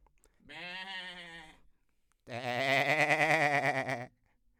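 Goat bleating twice, a short steady nasal bleat followed by a longer, louder wavering bleat.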